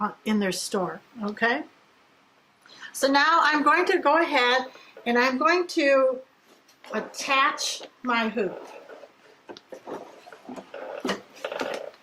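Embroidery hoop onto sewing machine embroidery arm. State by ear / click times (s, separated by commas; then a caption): not seated / none. Someone talks while handling a plastic and metal embroidery hoop, getting ready to attach it to the embroidery arm of a Pfaff Creative Icon 2 sewing machine. Brief, sharp handling sounds occur near the end, around 11.5 and 11.6 seconds. The hoop has not yet clicked or seated on the arm.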